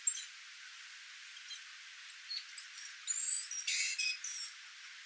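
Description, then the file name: Great tit giving high piping notes that build into a harsh buzzy burst followed by thin whistles, after a quiet start. "Parus major"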